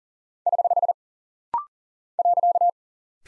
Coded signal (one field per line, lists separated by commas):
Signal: Morse code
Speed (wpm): 39 wpm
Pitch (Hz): 700 Hz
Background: none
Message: <HH> .